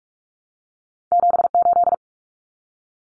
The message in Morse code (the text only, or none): 78